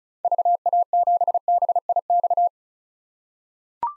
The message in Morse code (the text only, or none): VA7BIX